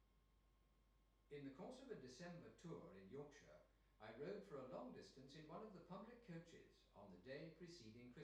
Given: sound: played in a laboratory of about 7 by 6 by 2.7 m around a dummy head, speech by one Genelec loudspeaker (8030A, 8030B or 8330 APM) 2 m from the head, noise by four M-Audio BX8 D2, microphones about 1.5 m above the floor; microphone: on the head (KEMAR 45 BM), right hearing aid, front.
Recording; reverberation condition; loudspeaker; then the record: male speech in English; medium; 150 degrees to the left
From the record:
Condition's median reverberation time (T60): about 510 ms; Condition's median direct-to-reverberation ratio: about -0.5 dB